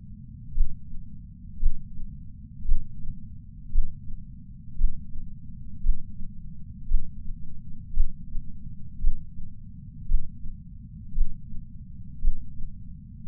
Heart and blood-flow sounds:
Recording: heart sounds by patch sensor on the chest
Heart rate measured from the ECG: 57 bpm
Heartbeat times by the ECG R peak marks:
0.54 s: heartbeat
1.59 s: heartbeat
2.65 s: heartbeat
3.71 s: heartbeat
4.77 s: heartbeat
5.82 s: heartbeat
6.88 s: heartbeat
7.93 s: heartbeat
9.00 s: heartbeat
10.07 s: heartbeat
11.14 s: heartbeat
12.21 s: heartbeat
13.27 s: heartbeat
From the record:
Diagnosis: coronary artery disease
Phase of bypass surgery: intraoperative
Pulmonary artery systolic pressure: 26 mmHg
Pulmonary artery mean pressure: 20 mmHg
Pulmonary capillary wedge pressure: 11 mmHg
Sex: female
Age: 69 years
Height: 148 cm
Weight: 51 kg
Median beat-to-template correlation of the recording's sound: 0.86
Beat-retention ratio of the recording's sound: 0.99

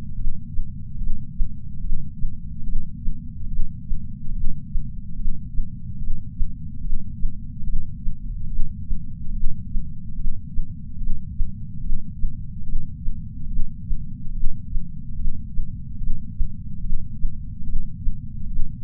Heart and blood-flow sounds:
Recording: heart sounds by patch sensor on the chest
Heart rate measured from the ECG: 72 bpm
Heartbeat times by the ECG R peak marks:
0.15 s: heartbeat
0.98 s: heartbeat
1.81 s: heartbeat
2.64 s: heartbeat
3.48 s: heartbeat
4.32 s: heartbeat
5.16 s: heartbeat
5.98 s: heartbeat
6.81 s: heartbeat
7.64 s: heartbeat
8.48 s: heartbeat
9.32 s: heartbeat
10.15 s: heartbeat
10.98 s: heartbeat
11.81 s: heartbeat
12.64 s: heartbeat
13.48 s: heartbeat
14.32 s: heartbeat
14.88 s: heartbeat
15.98 s: heartbeat
16.81 s: heartbeat
17.64 s: heartbeat
18.48 s: heartbeat
From the record:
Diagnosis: coronary artery disease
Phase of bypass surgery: intraoperative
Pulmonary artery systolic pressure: 29 mmHg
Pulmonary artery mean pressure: 19 mmHg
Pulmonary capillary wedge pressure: 12 mmHg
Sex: female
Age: 65 years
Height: 153 cm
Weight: 51.5 kg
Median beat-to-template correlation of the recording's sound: 0.95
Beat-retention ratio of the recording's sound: 0.99

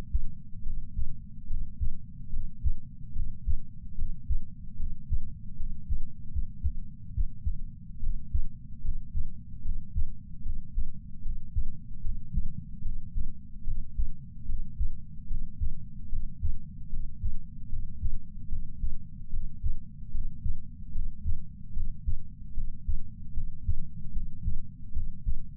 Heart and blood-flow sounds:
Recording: heart sounds by patch sensor on the chest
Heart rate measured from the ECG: 74 bpm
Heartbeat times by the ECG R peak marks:
0.63 s: heartbeat
1.47 s: heartbeat
2.30 s: heartbeat
3.13 s: heartbeat
3.95 s: heartbeat
4.77 s: heartbeat
5.57 s: heartbeat
6.31 s: heartbeat
7.13 s: heartbeat
8.00 s: heartbeat
8.82 s: heartbeat
9.62 s: heartbeat
10.43 s: heartbeat
11.22 s: heartbeat
12.02 s: heartbeat
12.82 s: heartbeat
13.64 s: heartbeat
14.46 s: heartbeat
15.28 s: heartbeat
16.09 s: heartbeat
16.90 s: heartbeat
17.69 s: heartbeat
18.49 s: heartbeat
19.30 s: heartbeat
20.11 s: heartbeat
20.92 s: heartbeat
21.73 s: heartbeat
22.54 s: heartbeat
23.34 s: heartbeat
24.13 s: heartbeat
24.93 s: heartbeat
From the record:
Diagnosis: coronary artery disease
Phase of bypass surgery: intraoperative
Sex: male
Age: 69 years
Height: 165 cm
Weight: 60 kg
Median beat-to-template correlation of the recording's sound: 0.76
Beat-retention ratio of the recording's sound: 0.99

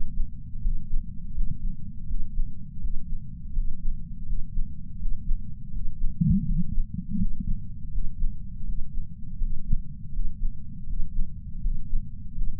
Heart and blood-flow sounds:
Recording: heart sounds by patch sensor on the chest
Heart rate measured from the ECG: 82 bpm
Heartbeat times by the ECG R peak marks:
0.60 s: heartbeat
1.33 s: heartbeat
2.06 s: heartbeat
2.79 s: heartbeat
3.52 s: heartbeat
4.23 s: heartbeat
4.98 s: heartbeat
5.71 s: heartbeat
6.44 s: heartbeat
7.17 s: heartbeat
7.90 s: heartbeat
8.64 s: heartbeat
9.38 s: heartbeat
10.11 s: heartbeat
10.85 s: heartbeat
11.60 s: heartbeat
12.34 s: heartbeat
From the record:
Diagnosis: coronary artery disease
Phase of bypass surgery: postoperative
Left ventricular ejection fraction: 59.1%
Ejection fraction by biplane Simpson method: 55%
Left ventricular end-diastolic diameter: 46 mm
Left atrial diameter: 34 mm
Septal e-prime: 8 cm/s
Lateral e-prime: 6.5 cm/s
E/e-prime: 8.7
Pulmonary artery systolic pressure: 22 mmHg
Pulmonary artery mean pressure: 11 mmHg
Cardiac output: 4.38 L/min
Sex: male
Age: 58 years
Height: 160 cm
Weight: 70 kg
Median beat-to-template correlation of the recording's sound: 0.85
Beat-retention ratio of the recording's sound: 0.99

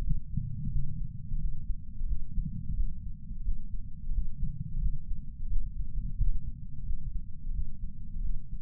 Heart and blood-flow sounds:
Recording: heart sounds by patch sensor on the chest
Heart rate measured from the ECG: 88 bpm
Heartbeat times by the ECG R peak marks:
0.01 s: heartbeat
0.69 s: heartbeat
1.38 s: heartbeat
2.06 s: heartbeat
2.74 s: heartbeat
3.42 s: heartbeat
4.11 s: heartbeat
4.79 s: heartbeat
5.48 s: heartbeat
6.15 s: heartbeat
6.84 s: heartbeat
7.51 s: heartbeat
8.21 s: heartbeat
From the record:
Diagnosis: coronary artery disease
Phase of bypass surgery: postoperative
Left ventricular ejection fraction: 48.9%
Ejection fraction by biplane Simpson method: 50.6%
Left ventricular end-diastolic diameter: 48 mm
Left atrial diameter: 31 mm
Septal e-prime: 7.6 cm/s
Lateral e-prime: 9.6 cm/s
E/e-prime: 6.6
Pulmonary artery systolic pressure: 23 mmHg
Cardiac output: 5.5 L/min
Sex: male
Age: 60 years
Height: 174 cm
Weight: 72 kg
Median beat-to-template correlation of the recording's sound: 0.83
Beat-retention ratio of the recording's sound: 0.99

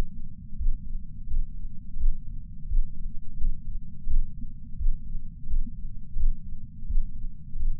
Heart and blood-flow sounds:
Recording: heart sounds by patch sensor on the chest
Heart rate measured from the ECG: 86 bpm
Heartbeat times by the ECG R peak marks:
0.56 s: heartbeat
1.27 s: heartbeat
1.96 s: heartbeat
2.66 s: heartbeat
3.37 s: heartbeat
4.06 s: heartbeat
4.76 s: heartbeat
5.46 s: heartbeat
6.16 s: heartbeat
6.85 s: heartbeat
7.55 s: heartbeat
From the record:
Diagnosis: coronary artery disease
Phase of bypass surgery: postoperative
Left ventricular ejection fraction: 60%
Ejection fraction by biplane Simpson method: 61.8%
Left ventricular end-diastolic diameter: 47 mm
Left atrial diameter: 40 mm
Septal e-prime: 4.5 cm/s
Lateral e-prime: 6.3 cm/s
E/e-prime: 20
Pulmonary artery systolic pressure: 28 mmHg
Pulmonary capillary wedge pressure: 14 mmHg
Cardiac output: 5.9 L/min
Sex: male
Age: 62 years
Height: 165 cm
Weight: 72 kg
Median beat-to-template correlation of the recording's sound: 0.87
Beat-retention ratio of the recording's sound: 1.00

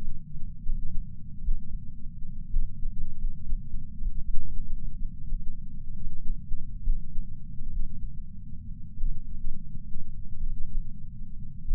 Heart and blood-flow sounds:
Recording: heart sounds by patch sensor on the chest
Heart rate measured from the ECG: 60 bpm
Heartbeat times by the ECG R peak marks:
0.61 s: heartbeat
1.39 s: heartbeat
2.47 s: heartbeat
3.15 s: heartbeat
4.21 s: heartbeat
4.93 s: heartbeat
5.91 s: heartbeat
6.81 s: heartbeat
7.67 s: heartbeat
8.95 s: heartbeat
10.35 s: heartbeat
11.61 s: heartbeat
From the record:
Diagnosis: coronary artery disease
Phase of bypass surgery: postoperative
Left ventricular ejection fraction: 41.5%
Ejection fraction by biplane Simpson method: 34.6%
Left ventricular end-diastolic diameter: 67 mm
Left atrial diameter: 53 mm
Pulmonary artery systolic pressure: 24 mmHg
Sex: male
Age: 61 years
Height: 174 cm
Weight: 80 kg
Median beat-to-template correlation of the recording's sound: 0.54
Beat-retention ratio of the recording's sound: 0.99

